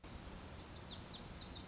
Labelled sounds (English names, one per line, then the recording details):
Lazuli Bunting
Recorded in Sonoma County, California